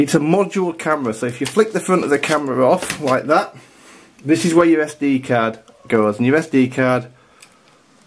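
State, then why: Not seated. Someone talks while handling the module camera of a VISUO XS812 GPS FPV drone, with the front of the camera flicked off to expose the card slot as a microSD card is brought to it. A couple of faint, short handling taps come near the end, but the card has not yet gone into the slot and nothing has clicked into place.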